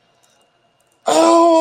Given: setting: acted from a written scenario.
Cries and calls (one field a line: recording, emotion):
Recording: vocal sound without words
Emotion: pain